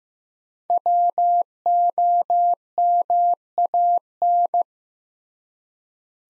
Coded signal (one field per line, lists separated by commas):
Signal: Morse code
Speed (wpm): 15 wpm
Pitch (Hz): 700 Hz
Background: none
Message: WOMAN